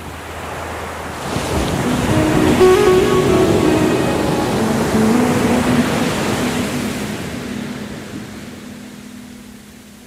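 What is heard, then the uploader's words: Waves on the Pacific coast rush in with a steady, dense hiss that swells up just after the first second and peaks around three seconds. The roar slowly recedes through the second half, leaving a softer wash and a faint low hum underneath. Waves On The Pacific Coast.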